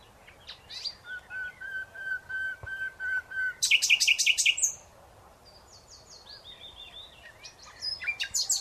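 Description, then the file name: Common nightingale song: a row of soft, level piping notes builds into a loud rattling trill, followed by thin whistles and sharp notes. "Luscinia megarhynchos"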